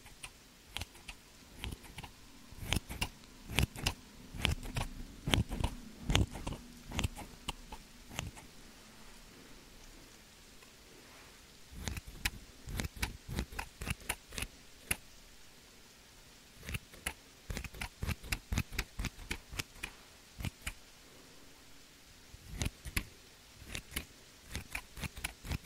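Scissors snip in quick bursts of sharp, crisp clicks, pausing briefly near the middle, with a faint low hum underneath early on.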